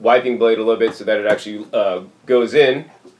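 The up-and-down arm with its wiping blade on a Nutramilk nut milk maker is moved down and slid into place on the plastic housing, with the blade adjusted so it goes in, while someone talks throughout. Nothing has clicked or seated yet.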